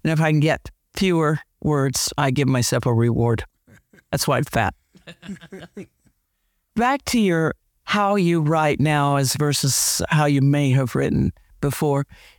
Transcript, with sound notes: And if I can get fewer words, I give myself a reward. That’s why I’m fat. (They laugh.) Back to how you write now versus how you may have written before.